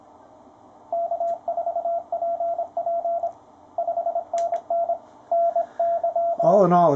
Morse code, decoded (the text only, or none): K4PP 5NN NYT